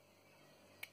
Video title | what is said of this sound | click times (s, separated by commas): Jinhao 126 Fountain Pen Review - This pen is great! | Nice little click, simple operation. | 0.8 s